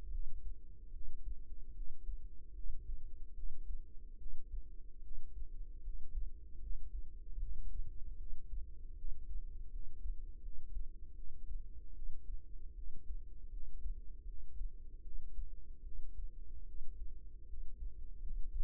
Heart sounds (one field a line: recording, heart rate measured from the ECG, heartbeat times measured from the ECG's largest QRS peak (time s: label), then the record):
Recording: heart sounds by microphone in the right ear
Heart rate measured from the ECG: 76 bpm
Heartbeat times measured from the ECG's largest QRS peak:
0.10 s: heartbeat
0.91 s: heartbeat
1.74 s: heartbeat
2.53 s: heartbeat
3.34 s: heartbeat
4.17 s: heartbeat
5.01 s: heartbeat
5.82 s: heartbeat
6.59 s: heartbeat
7.38 s: heartbeat
8.16 s: heartbeat
8.95 s: heartbeat
9.70 s: heartbeat
10.41 s: heartbeat
11.14 s: heartbeat
11.93 s: heartbeat
12.74 s: heartbeat
13.50 s: heartbeat
14.25 s: heartbeat
15.02 s: heartbeat
15.82 s: heartbeat
16.65 s: heartbeat
17.46 s: heartbeat
18.20 s: heartbeat
From the record:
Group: healthy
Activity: rest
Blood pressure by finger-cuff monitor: 133/82 mmHg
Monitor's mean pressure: 101 mmHg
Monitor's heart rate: 76 bpm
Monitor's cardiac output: 7 L/min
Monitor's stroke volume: 90 mL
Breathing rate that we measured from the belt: 15 breaths a minute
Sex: female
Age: 22 years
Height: 161 cm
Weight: 65.5 kg